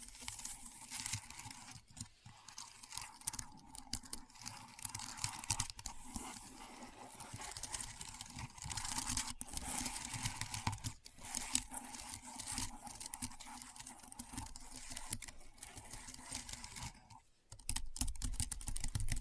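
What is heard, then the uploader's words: Keyboard sounds: a dense, fast run of small clicks and taps that keeps going with little pause for most of the clip. A low steady hum runs underneath. The typing drops out briefly near 17 seconds, then resumes louder to the end. ASMR Keyboard Sounds (No Talking).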